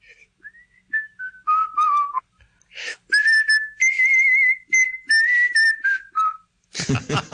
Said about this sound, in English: When I did the vocals on the track, I assumed it would be replaced, you know, by a guitar solo or a sax solo or something. But just to sort of fill in a few bars, I did the old whistling, yeah.